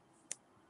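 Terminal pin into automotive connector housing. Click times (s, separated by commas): 0.3 s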